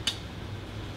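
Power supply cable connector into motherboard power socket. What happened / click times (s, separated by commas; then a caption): The plastic connector latch clicked home / 0.1 s. A main power-supply cable connector with a plastic latch is wiggled and pushed into the motherboard power socket. At 0.1 s there is one sharp, bright tick as the latch clicks, followed by a low steady hum. The connector is confirmed seated.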